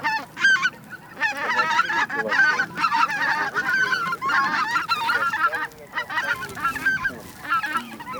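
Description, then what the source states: Greater white-fronted goose: greater white-fronted geese calling as a flock, a dense overlapping chorus of high, yelping honks and cackles that continues without pause. Noisy flock gathering of white-fronted geese, recorded for use in a hunting electronic caller.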